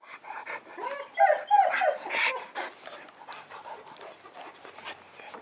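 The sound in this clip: Dog whimpering in high, whiny tones with short rising and falling whines, loudest around the middle, over faint rustling and clicking noises.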